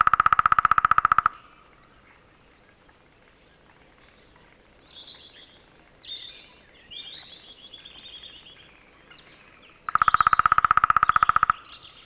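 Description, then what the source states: Lesser spotted woodpecker drumming in two sustained, fast, evenly spaced rolls, one at the start and one near the end, with high twittering from other birds in between. Field recording.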